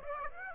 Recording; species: mosquito wingbeat signal from an infrared sensor; Aedes aegypti